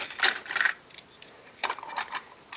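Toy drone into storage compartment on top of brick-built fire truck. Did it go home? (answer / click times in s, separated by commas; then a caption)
no / none. A built toy brick drone is handled and wiggled into position in the storage compartment on top of a LEGO City 2023 Fire Command Truck 60374. Short, bright clicks and rattles come at about 0.5, 0.6, 1.0 and 1.6 seconds, with quieter handling noise in between. The clip ends before the drone goes home, and nothing has seated or clicked into place yet.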